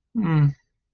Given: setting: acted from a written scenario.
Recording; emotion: vocal sound without words; neutral